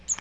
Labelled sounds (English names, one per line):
Magnolia Warbler flight call